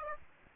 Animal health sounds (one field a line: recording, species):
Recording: mosquito wingbeat signal from an infrared sensor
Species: Aedes aegypti